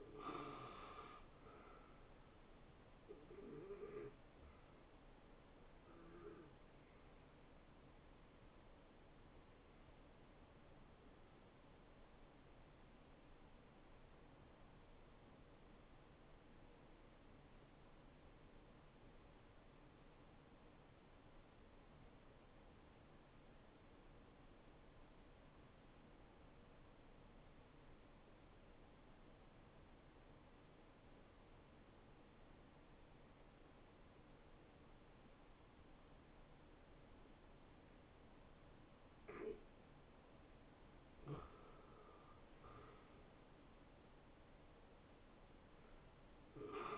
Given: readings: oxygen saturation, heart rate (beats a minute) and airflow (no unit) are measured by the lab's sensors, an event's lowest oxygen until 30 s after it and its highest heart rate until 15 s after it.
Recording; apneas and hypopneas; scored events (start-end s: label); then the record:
breathing in sleep by a voice recorder at the bedside; 1
9.00-39.60 s: hypopnea (N1, oxygen 94% highest, then 86% lowest, heart rate 74 at the start, 75 highest)
24.00-46.98 s: new sleep stage, N2 (light sleep)
From the record:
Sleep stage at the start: N1 (lightest sleep); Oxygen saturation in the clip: 83 to 94%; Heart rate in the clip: 65 to 75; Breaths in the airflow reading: 6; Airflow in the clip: -17.1 to 9.3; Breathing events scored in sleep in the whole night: 263 in 5.5 hours asleep